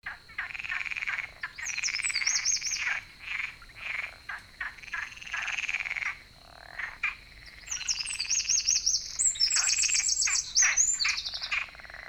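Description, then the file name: Eurasian wren singing high, fast trilled phrases, mostly in the second half, against a steady high hum and repeated lower chirping pulses. "Troglodytes troglodytes"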